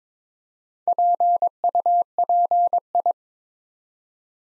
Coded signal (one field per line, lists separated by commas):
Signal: Morse code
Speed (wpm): 22 wpm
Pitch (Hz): 700 Hz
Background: none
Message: PUPI